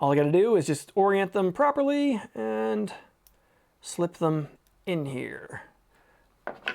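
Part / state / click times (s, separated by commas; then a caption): crimped pin terminal into a Deutsch-style harness connector / seated / 6.7 s. Someone talks as a crimped wire terminal is oriented and pushed with precision pliers into the cavity of a plastic Deutsch-style connector on an LS3 transmission harness. A short, sharp click is heard at 6.7 s, and the terminal is seated.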